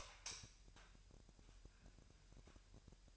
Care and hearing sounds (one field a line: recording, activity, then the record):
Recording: daily activity, microphone in the room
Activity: light on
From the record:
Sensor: 2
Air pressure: 1001.8 hPa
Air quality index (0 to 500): 240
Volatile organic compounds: 31 ppm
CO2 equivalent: 2978 ppm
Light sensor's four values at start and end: 4/10/4/4 and 8/21/9/9